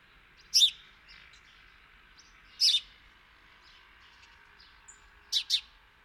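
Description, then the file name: House sparrow chirps: three short, bright double chirps two to three seconds apart, with a faint steady hiss in the background. "Passer domesticus"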